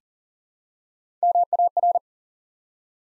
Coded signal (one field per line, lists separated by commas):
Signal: Morse code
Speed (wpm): 40 wpm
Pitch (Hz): 700 Hz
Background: none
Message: MAR